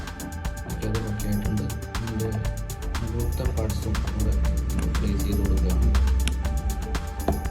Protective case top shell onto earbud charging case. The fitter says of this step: ഇത് മാഗ്നെറ്റ് വെച്ച് ഇപ്പോൾ ലോക്ക് ആയിട്ടുണ്ട് അത്യാവശ്യം